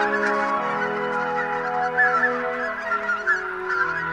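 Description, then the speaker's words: Greater white-fronted goose flight calls: a steady stream of nasal, overlapping honks from several geese, layered and continuous throughout. Flock flying in formation between daytime feeding grounds and roost; adults with black belly band lead, juveniles lack it. "よく見ていると先頭にいるのはベルトのある親鳥です"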